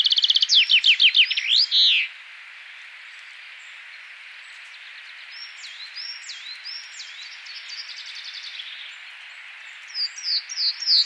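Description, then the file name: Common chaffinch song: a rattling, descending phrase with a final flourish, then quiet birds, and a few louder notes near the end. "Fringilla coelebs"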